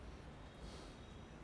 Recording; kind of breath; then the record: one breath in and out by a microphone near the nose and mouth; normal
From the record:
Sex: male